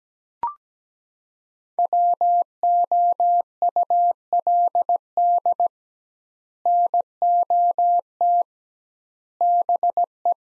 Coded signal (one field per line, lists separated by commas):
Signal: Morse code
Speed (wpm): 17 wpm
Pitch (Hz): 700 Hz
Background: none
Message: WOULD NOT BE